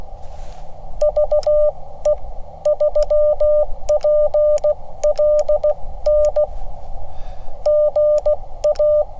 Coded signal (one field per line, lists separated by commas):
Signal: Morse code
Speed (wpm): 16 wpm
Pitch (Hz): 600 Hz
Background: none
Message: VE3PLN GA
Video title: "What Are You Doing?": A Ham Radio CW POTA Primer